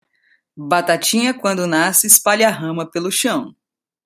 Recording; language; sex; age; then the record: short text; Brazilian Portuguese; female; 40 to 49 years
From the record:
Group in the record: control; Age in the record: 41 years